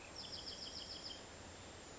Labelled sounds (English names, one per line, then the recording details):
Bewick's Wren
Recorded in Sonoma County, California